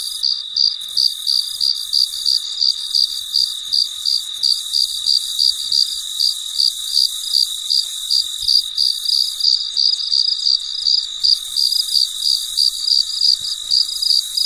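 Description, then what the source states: Cricket chirping in quick regular pulses, around three a second, above an unbroken high insect drone. Recorded late at night; very quiet.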